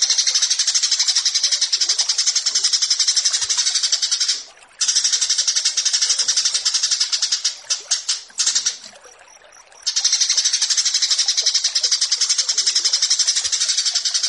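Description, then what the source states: Horsfield's bush lark song, a continuous high, buzzy, rapidly pulsed chatter broken by two short pauses and a few clipped notes. Bird-keeping song tutoring recording (masteran) of branjangan.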